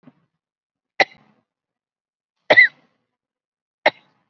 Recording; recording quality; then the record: heavy voluntary cough; excellent, no background noise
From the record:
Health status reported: COVID-19 positive, mild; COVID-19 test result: positive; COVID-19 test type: RT-PCR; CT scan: not taken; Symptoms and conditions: hypertension, diabetes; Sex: female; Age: 57 years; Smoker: no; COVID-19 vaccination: none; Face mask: not worn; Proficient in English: no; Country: India